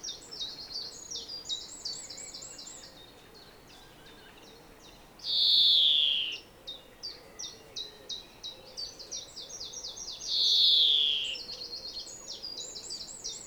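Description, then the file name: European greenfinch alternating fast metallic trills with two loud, harsh, downslurred wheezes about five seconds apart. "Chloris chloris"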